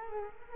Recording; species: mosquito wingbeat signal from an infrared sensor; Culex quinquefasciatus